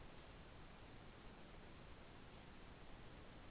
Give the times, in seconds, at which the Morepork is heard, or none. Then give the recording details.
none. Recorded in New Zealand. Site Taranaki